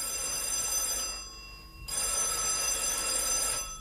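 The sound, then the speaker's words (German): A telephone bell rings twice, each ring a loud, rattling metallic trill lasting about a second or more, separated by a short pause, with no voices, as the priest of Summering telephones the priest of Schellenberg. “Aber dieses Klingeln hat nichts mit der Polizei zu tun.”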